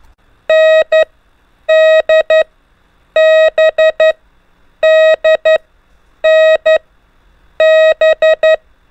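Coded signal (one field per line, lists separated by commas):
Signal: Morse code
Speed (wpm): 11 wpm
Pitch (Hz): 630 Hz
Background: none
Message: N D B D N B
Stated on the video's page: Morse lesson drilling the letters N, D and B in groups at increasing speed, with music.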